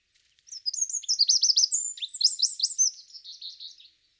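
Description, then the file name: Eurasian wren singing a loud, very high, rapid stream of trills and sharp rattling notes, about three and a half seconds long, with no other sounds. "Troglodytes troglodytes"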